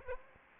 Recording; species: mosquito wingbeat signal from an infrared sensor; Aedes aegypti